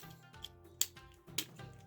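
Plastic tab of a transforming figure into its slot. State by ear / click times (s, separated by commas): seated / 0.8 s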